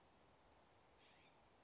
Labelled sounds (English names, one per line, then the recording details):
California Scrub-Jay
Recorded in Sonoma County, California